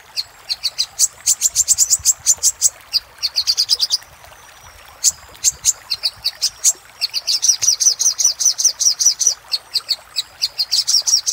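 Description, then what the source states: Little spiderhunter song of rapid high chirps in runs, one brief pause, then a long stream of quick even notes. Master recording for training cage birds; Indonesian name Sogok Ontong, labelled Labaik.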